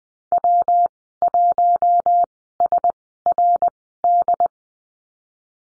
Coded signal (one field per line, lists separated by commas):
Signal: Morse code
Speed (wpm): 19 wpm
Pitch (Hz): 700 Hz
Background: none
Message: W1SRD